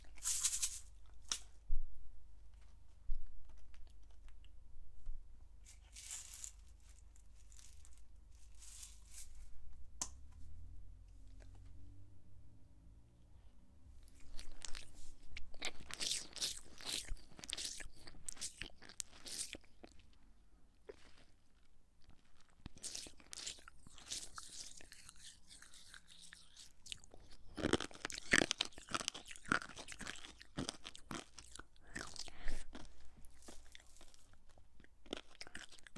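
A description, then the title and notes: Someone handles and eats chocolate lollies, sweets and sprinkles, with crisp crunching and biting in irregular bursts. The loudest, densest crunching comes in clusters around 15–19 seconds and again from 23 to 33 seconds. A low steady hum runs underneath, and quieter rustles and taps fill the pauses. ASMR with chocolate lolly and sweets and sprinkles.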